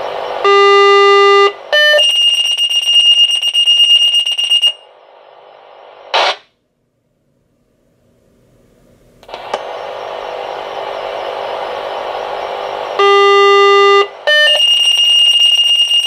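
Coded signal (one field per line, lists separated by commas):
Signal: two-tone page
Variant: Motorola Minitor pagers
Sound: long buzzy tone, short higher tone, then shrill pager alert beeping, hiss, repeated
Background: radio static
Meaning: A test page alerting the pagers, with no voice following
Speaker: you will hear the page go through, the A tone the B tone, and then you will hear the pager alert and then the squelch will turn off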